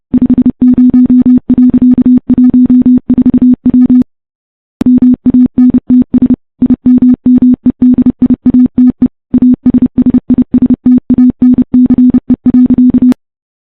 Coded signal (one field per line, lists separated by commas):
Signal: Morse code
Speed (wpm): 30 wpm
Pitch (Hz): 250 Hz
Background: music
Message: 50.14W MANTS IMMEDIATE ASSISTANCE.